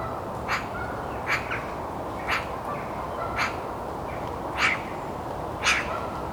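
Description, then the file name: Eurasian magpie giving short, harsh chacking calls at uneven intervals, about six notes, with faint softer bird notes between them. "Pica pica"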